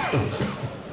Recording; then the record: coughing mixed with background sound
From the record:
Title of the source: Mid-morning Winter Coughing Fit